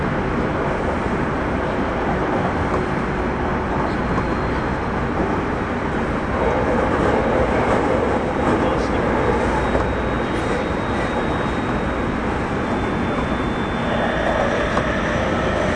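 A Tobu 30000 series train runs between Shibuya and Azamino, giving a dense, steady roar of wheels and running noise that holds an even loudness throughout. Faint whining tones rise and shift in the middle and upper range, especially after the six-second mark and near the end.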